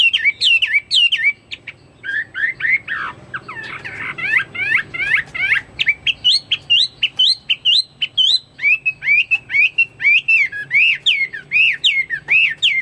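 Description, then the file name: Chinese hwamei song, rapid loud whistled notes with downward slurs repeated about twice a second, briefly softer and scratchier near the middle. "omkicau hwamei"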